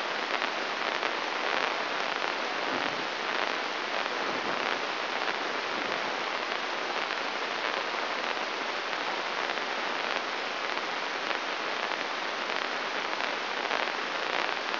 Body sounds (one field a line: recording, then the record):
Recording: brain microelectrode recording played as sound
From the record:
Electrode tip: inside the subthalamic nucleus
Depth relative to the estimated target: -1 mm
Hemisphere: right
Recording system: AlphaMap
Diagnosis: Parkinson's disease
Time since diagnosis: 24 years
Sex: male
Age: 67 years